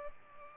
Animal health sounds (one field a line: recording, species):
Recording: mosquito wingbeat signal from an infrared sensor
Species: Culex pipiens